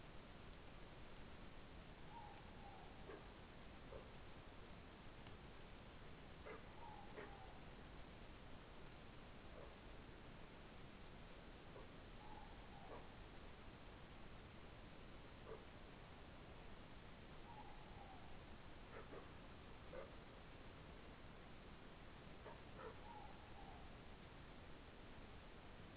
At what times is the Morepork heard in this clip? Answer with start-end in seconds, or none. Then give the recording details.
1.95-2.87, 6.60-7.68, 12.06-13.00, 17.24-18.37, 22.93-23.89. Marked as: faintness 3/5. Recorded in New Zealand. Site Taranaki